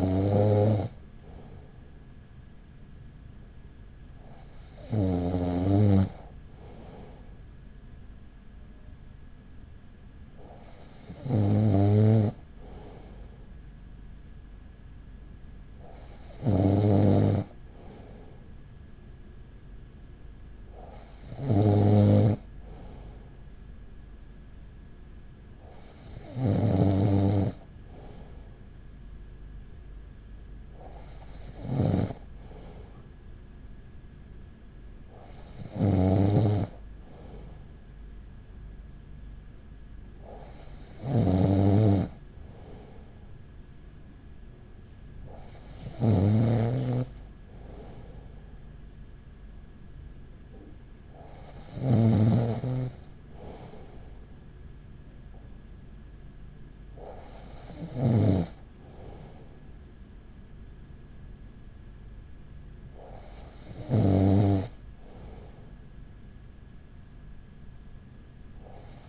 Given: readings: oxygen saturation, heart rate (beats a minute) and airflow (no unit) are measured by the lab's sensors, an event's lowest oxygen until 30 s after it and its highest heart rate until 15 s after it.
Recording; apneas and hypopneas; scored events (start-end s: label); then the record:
breathing in sleep by a smartphone at the bedside; none
none scored
From the record:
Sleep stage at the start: N2 (light sleep); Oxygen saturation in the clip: 94 to 95%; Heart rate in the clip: 39 to 43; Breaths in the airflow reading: 13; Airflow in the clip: -5.8 to 5.0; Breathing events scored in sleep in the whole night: 207 in 7.6 hours asleep